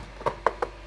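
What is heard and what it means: The 3D-printed plastic left-hand body section of a Boeing 757-767 throttle quadrant is pushed onto the assembly, with a softer tap at about 0.3 s. It clicks into place with a single sharp, fast-decaying click at 0.5 s, followed by another lighter tap at 0.6 s.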